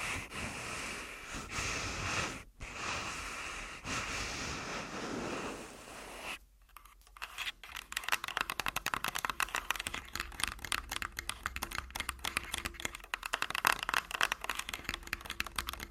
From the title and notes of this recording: ASMR Tascam Full Body Tapping & Scratching (No Talking).